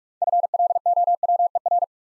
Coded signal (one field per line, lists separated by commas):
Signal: Morse code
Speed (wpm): 44 wpm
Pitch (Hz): 700 Hz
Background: none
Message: FLOWER